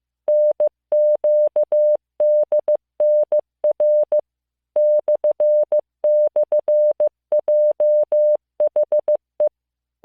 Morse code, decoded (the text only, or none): NQDNR //JHE